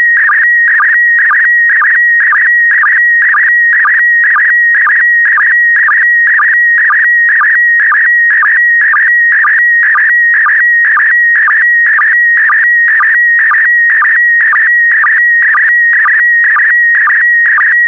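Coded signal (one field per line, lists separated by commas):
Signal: SSTV (slow-scan television)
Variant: PD120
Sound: steady whistling tone warbling rhythmically, with a low blip about twice each second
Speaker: complete. You can now check your decoded image against the picture that is shown on the video.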